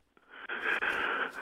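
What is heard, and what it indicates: A quiet intake of breath builds over about half a second, then a loud, noisy, hissing burst of air lasts nearly a second. This is a single sneeze from an adult man on air at a live radio microphone, with no speech during it, as he seems to be getting a cold.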